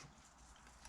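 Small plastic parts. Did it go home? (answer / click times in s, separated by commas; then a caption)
no / none. A cleaned plastic venturi part half from an inkjet printer is handled near its mating venturi part, ready to be pushed together. Low steady background noise and soft handling sounds are heard, with one brief louder handling noise at 0.9 s. Nothing has clicked or seated yet.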